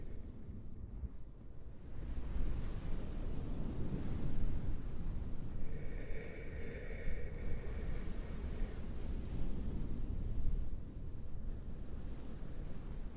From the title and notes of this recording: ASMR shushing you to sleep w oceanwave-like towel sounds - shhh, no talking.